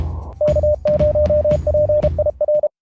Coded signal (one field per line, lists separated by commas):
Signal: Morse code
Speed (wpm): 33 wpm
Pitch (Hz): 600 Hz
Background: radio noise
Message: K0PIR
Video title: Ham Radio Road Trip to Alabama - Part four